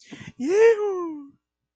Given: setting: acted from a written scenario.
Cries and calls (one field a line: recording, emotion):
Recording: vocal sound without words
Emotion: triumph